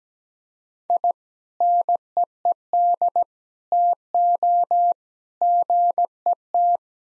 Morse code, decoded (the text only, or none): I NEED TO GET